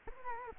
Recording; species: mosquito wingbeat signal from an infrared sensor; Culex quinquefasciatus